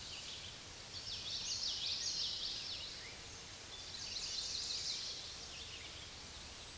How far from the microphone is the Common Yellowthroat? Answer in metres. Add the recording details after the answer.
about 30 m. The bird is about 5 m above the microphone. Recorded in a Pennsylvania forest on 16 May 2024 at 06:21. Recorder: AudioMoth, point MSD-2304. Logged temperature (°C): 16.0 °C. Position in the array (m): 231 m, 181 m